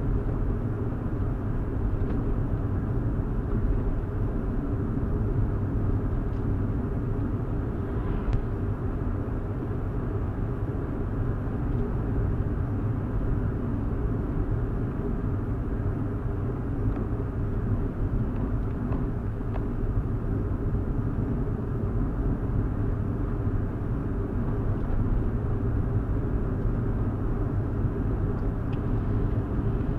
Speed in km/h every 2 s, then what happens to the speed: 69, 69, 69, 69, 71, 74, 74, 71, 68, 66, 66, 71, 71, 72, 71.
0-10 steady at about 69. 10-19 slows to 66. 19-25 speeds up to 72.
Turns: none.